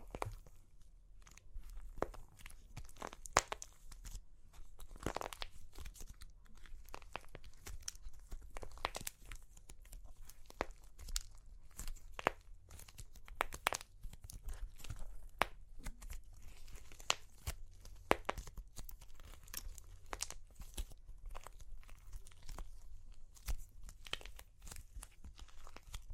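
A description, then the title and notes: Super crunchy clay cracking: a dense run of sharp, dry snaps and crackles spread across the whole clip, irregular and often clustered. Some breaks land louder and brighter than others, over a low, soft rumble of handling underneath. Super Crunchy Clay Cracking (No Talking).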